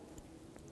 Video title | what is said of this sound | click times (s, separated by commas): How to Replace Inner Tail Light Bulbs 2011-2017 Honda Odyssey | let it click in make sure you hear that | 0.2 s